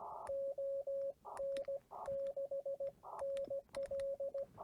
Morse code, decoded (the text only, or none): ON6NL